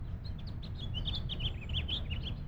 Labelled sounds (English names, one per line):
House Finch song